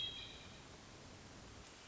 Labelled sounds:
Hermit Thrush (Catharus guttatus)
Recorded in Sonoma County, California

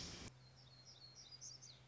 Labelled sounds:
Black-throated Gray Warbler (Setophaga nigrescens)
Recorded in Sonoma County, California

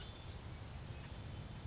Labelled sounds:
Orange-crowned Warbler (Leiothlypis celata)
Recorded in Sonoma County, California

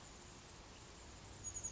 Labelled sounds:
Chestnut-backed Chickadee (Poecile rufescens)
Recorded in Sonoma County, California

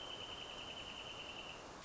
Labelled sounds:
Wrentit (Chamaea fasciata)
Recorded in Sonoma County, California

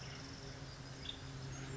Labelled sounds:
Nuttall's Woodpecker (Dryobates nuttallii)
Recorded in Sonoma County, California

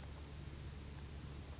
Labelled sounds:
California Towhee (Melozone crissalis)
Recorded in Sonoma County, California

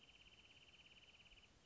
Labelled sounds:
Wrentit (Chamaea fasciata)
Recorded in Sonoma County, California

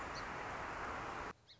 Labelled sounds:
Song Sparrow (Melospiza melodia)
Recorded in Sonoma County, California

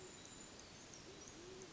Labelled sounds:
Band-tailed Pigeon (Patagioenas fasciata)
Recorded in Sonoma County, California

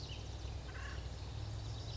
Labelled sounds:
Acorn Woodpecker (Melanerpes formicivorus)
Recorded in Sonoma County, California

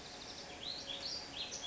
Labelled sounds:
Song Sparrow (Melospiza melodia)
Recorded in Sonoma County, California

